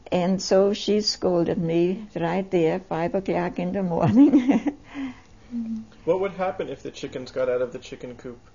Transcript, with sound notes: and so she scolded me right there, five o'clock in the morning (she laughs)
What would happen if the chickens got out of chicken coop?